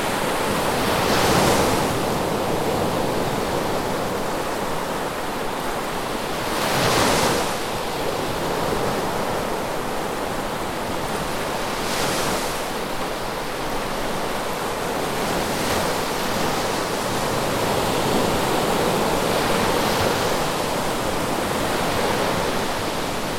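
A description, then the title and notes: Surf washes steadily along a coast, a dense continuous hiss of water with bright crashes of breaking waves near 1, 7 and 12 seconds and softer ones around 16 and 20 seconds. A low rumble and some wind sit underneath throughout. Dipkarpaz Coast, Cyprus. Ambient sound of Karpaz, Cyprus. Recorded with Zoom H6.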